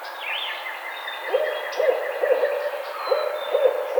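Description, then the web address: Barred owl hooting, a run of low, short hoots from about a third of the way through, with thin whistles above. Recorded on 4 May 2009. "Barred Owl 2009 05 04"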